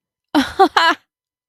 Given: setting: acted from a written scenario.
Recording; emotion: vocal sound without words; elation